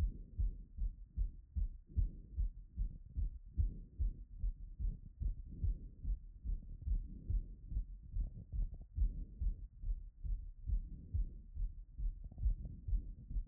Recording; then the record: heart sounds by stethoscope after running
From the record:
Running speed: 6 mph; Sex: female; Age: 20 to 29 years